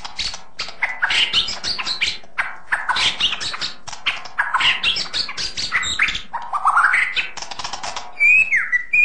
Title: Kicau Burung Pentet